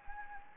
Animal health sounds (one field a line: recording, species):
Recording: mosquito wingbeat signal from an infrared sensor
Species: Anopheles arabiensis